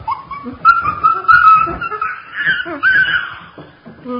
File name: Chimpanzee